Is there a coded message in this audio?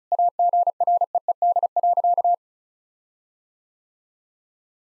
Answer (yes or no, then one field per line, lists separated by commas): yes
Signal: Morse code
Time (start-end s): 0.1-2.3 s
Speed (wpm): 36 wpm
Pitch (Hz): 700 Hz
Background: none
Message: AGREED.